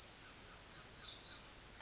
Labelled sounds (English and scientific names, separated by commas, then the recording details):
Pacific Wren (Troglodytes pacificus)
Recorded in Sonoma County, California